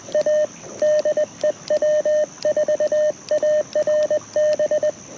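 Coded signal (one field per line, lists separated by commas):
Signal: Morse code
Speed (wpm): 20 wpm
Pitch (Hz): 610 Hz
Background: none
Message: A DE W4ARB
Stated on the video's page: QRP CW Parks on the Air activation at a national forest park, operated by a creek, powered by a battery.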